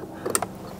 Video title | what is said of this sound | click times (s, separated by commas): HOW TO INSTALL VW golf MK7-7.5 steering wheel | click the blue tab line up your actual steering wheel | 0.4 s